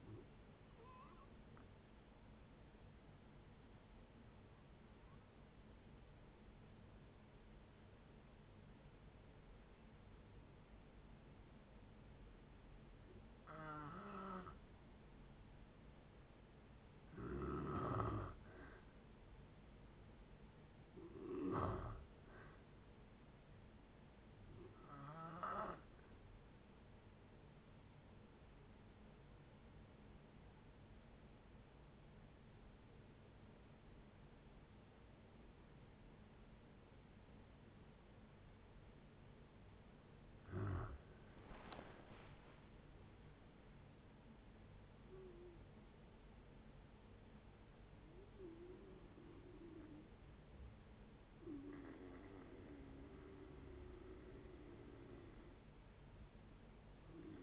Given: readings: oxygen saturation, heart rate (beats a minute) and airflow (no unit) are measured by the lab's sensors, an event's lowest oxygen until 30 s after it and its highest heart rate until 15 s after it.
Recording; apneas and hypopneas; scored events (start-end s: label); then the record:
breathing in sleep by a voice recorder at the bedside; 2
3.00-18.60 s: hypopnea (N1, oxygen 95% highest, then 91% lowest, heart rate 62 at the start, 69 highest)
29.00-57.43 s: new sleep stage, N2 (light sleep)
31.00-42.60 s: obstructive apnea (N2, oxygen 95% highest, then 87% lowest, heart rate 66 at the start, 76 highest)
From the record:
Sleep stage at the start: N1 (lightest sleep); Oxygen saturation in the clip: 83 to 95%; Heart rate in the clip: 58 to 76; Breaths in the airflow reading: 12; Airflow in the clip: -11.4 to 13.2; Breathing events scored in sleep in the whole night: 496 in 5.4 hours asleep